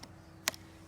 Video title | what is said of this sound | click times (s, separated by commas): Javelin Bipod Review | click it up in there no rotation at all | 0.5 s